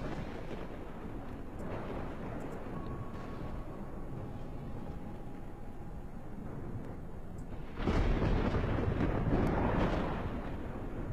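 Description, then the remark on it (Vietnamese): Thunder with lightning but no rain: a continuous low, rumbling roar rolls steadily, then swells into a louder, broader crash about two-thirds through before easing back into the rumble. No voices. “Trên bầu trời sấm chớp đùng đùng, ấy thế nhưng tuyệt nhiên không có lấy một giọt mưa.”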